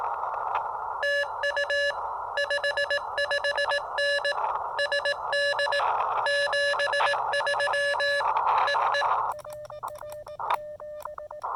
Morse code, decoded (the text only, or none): TU 55N SD 73 EE